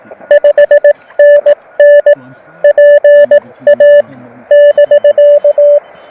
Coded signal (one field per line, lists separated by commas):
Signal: Morse code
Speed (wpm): 20 wpm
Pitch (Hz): 600 Hz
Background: none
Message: 5NN PA <BK>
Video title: Delta Loops and ‘Gorge’-ous Views: SOTA with Scott and Vlado!